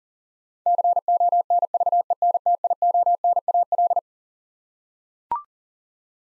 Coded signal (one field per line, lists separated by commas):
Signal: Morse code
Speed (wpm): 40 wpm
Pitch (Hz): 700 Hz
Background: none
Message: CONVENTIONAL